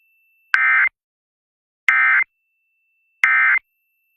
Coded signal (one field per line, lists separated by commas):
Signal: Emergency Alert System (SAME) tones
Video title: Thunderstorms, Yes | 3/11/26 EAS Alert Compilation (EAS #3096-3107)